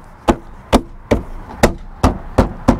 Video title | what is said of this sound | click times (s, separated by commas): MY 2020 JEEP JL GETS A ROUGH COUNTRY CAMPING TAILGATE TABLE - HOW TO INSTALL IN DEPTH | once it's all snapped in like that the next thing you want to go ahead and note we're going to have to get close for this | 0.3 s, 0.8 s, 1.1 s, 1.6 s, 2.0 s, 2.7 s